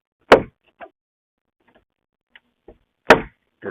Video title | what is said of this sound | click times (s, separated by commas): Suncast Resin Shed - Assembly & Product Review (Phillips Vision: Episode - 120) | and it's slotted so you can hear it clicking | 0.3 s, 3.1 s